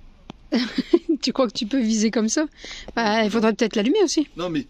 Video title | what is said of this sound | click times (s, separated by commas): chercheur de trésors | ça se clipse dedans | 0.3 s